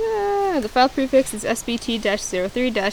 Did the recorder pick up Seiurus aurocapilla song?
no